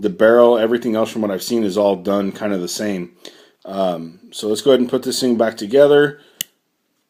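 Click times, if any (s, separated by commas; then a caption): 6.4 s. Someone talks while reassembling a Mutation X rebuildable dripping atomizer (RDA). The metal top cap is pressed onto the deck and seats with a sharp click at 6.4 s, giving a tight seal.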